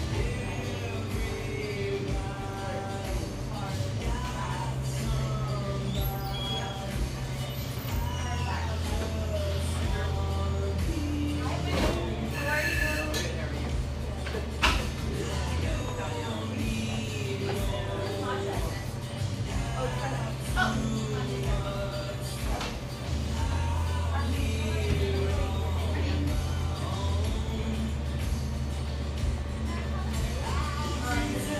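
Café sounds from a little drip coffee shop in eastern Seattle: a steady, dense murmur of overlapping voices that never lets up. A low hum underneath shifts pitch every few seconds, and sharp clinks and clatters stand out around 12 and 15 seconds.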